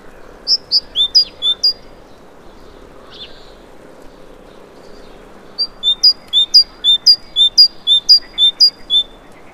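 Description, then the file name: Great tit giving high, clipped paired notes in a short burst, a quiet gap, then a longer steady series of bright repeated phrases about two per second. "Parus major"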